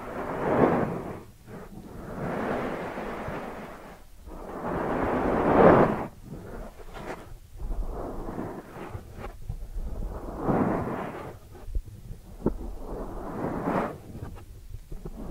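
Ear cleaning sounds: muffled, rumbling swells of scraping and rubbing that rise and fade in waves lasting a second or two. The loudest surge peaks near six seconds, and short crackly taps and pops break in between the swells, especially in the second half.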